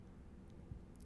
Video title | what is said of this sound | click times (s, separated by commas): TriStar C-100 Gun Review | and line up the other half it snaps into place | 1.0 s